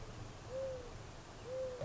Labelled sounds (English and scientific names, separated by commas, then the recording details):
Mourning Dove (Zenaida macroura)
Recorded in Sonoma County, California